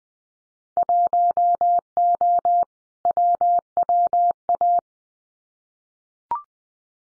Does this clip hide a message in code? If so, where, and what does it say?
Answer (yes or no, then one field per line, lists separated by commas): yes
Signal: Morse code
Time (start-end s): 0.8-4.8 s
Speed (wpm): 20 wpm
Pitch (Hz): 700 Hz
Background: none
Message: 1O WWA